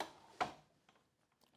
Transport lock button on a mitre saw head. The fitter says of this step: just a little button here you twist it once it locks in place